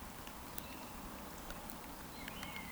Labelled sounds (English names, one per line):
Eurasian Woodcock whistle